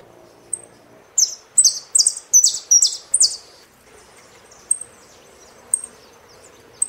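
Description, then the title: Saffron finch singing a burst of several loud, falling buzzy notes, followed by a few widely spaced thin high chips. "Jilguero Argentino"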